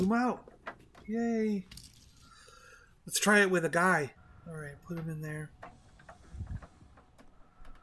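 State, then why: Seated. Someone talks while an action figure is placed on a plastic toy sled and the sled is pushed into the launcher of a 1984 Hasbro G.I. Joe Killer Whale hovercraft. Light plastic clicks and rattles follow, and the sled locks into the launcher with a click at 6.1 s.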